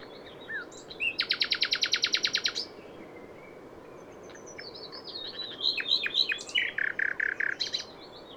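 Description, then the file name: Common nightingale song: a loud, fast run of identical repeated notes lasting over a second, then varied chirps and another rapid series. "Luscinia megarhynchos"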